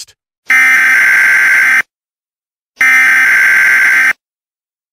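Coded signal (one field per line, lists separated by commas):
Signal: Emergency Alert System (SAME) tones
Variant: header bursts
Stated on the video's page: Fictional mock EAS scenario, not a real alert.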